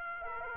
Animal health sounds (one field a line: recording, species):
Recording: mosquito wingbeat signal from an infrared sensor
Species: Aedes aegypti